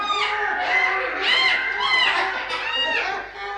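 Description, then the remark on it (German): A dense chorus of many colourful birds singing inside a greenhouse with cypress shrubs and lilies, overlapping chirps and warbling calls rising and falling continuously at a fairly steady, moderate loudness, with no one talking. “Diese Zypressenstauden und Lilienkelche, der herrliche Duft und die vielen bunten Vögel.”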